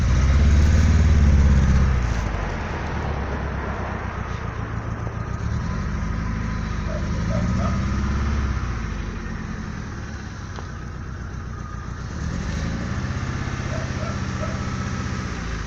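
A car engine runs steadily for the whole stretch, a low rumbling drone that swells loudest at the start and then settles into an even hum with slight rises and falls.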